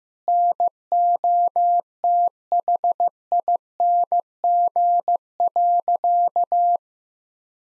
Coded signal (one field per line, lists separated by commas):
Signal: Morse code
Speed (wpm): 16 wpm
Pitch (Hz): 700 Hz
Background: none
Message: NOTHING.